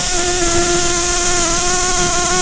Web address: bumblebees sounds Lapidarius-queens